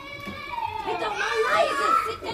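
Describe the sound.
A bustle of children's voices shouting and chattering over one another, with high, wavering squeals rising and falling throughout, loud and continuous for a couple of seconds.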